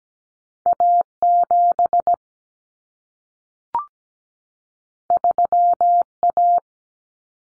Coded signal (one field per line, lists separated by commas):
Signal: Morse code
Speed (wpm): 17 wpm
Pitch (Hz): 700 Hz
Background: none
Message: A7 3A